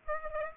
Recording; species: mosquito wingbeat signal from an infrared sensor; Aedes aegypti